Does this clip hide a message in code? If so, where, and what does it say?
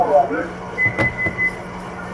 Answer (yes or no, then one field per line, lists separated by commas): no